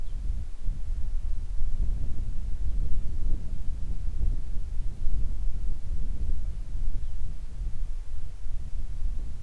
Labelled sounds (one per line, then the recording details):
songbird
wind
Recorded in the Arctic National Wildlife Refuge, Alaska, on 3 August 2019 at 10:44
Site 41